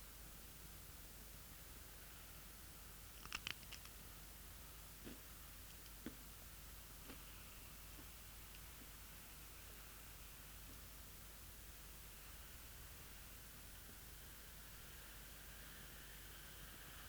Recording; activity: daily activity, guitar pickup as the sensor; eat